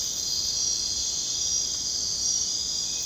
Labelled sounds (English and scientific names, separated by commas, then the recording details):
none
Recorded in secondary vegetation near Puerto Asís, Putumayo, Colombia, on 23 June 2025 at 00:00
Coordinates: 0.484, -76.319
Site G074